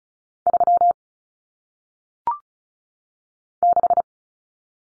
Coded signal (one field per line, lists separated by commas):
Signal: Morse code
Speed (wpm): 36 wpm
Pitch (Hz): 700 Hz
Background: none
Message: 3 6